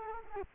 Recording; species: mosquito wingbeat signal from an infrared sensor; Culex quinquefasciatus